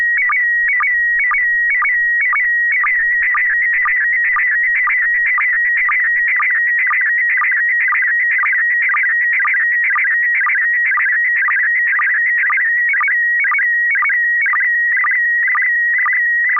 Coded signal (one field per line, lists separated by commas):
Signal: SSTV (slow-scan television)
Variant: PD 120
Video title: N6NA SSTV Net - 08/28/2024